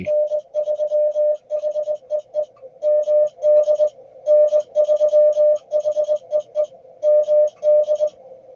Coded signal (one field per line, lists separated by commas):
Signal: Morse code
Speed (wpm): 18 wpm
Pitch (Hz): 600 Hz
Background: music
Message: N3HEE MD N3HEE MD